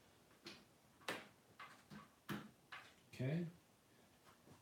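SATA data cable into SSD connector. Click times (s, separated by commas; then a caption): 1.1 s. A latching SATA data cable is pushed onto the connector of an SSD, and the cable's clip gives a sharp click at 1.1 s as it seats. A few more short knocks follow at about 1.6, 2.3 and 2.7 s, and someone talks briefly near the end.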